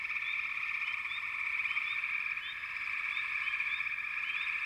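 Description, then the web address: Frog chorus: constant massed high trilling, punctuated by scattered short upswept chirps. Frog chorus in the American wilds. "Dan Gibson Echoes of Nature. American Wilds. Frog Chorus"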